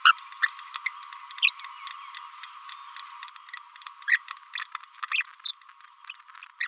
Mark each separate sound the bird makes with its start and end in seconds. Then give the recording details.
0.05-0.12, 0.42-0.47, 0.86-0.88, 1.42-1.50, 4.08-4.18, 4.54-4.60, 5.12-5.22. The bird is a male. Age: 30 days. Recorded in a nest box in Venezuela. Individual 17B31A1